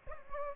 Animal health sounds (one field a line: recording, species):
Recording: mosquito wingbeat signal from an infrared sensor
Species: Aedes albopictus